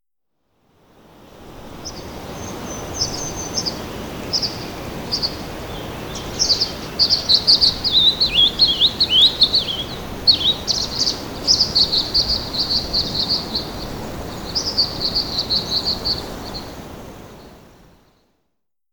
Violet-green Swallow call recorded at the Alluvial Fan in Rocky Mountain National Park. Note that a Ruby-crowned Kinglet can be heard in the background.